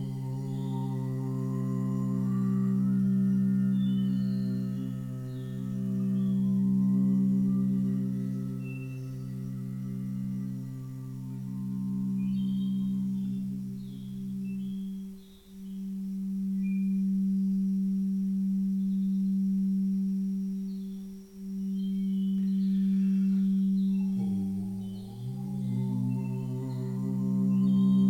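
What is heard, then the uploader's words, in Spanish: Singing bowls ring in a sustained, layered drone, their low tones pulsing in slow, regular swells every few seconds. Around the middle the lowest tone drops away, and near 24 seconds a brief brighter shimmer and pitch shift occur before the hum steadies again. Sesion de cuencos.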